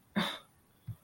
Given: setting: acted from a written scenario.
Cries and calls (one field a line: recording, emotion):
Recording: vocal sound without words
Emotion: anger